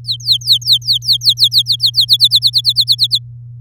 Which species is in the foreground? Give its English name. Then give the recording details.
Domestic Canary. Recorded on 8 May 2018 at 14:22. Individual llb16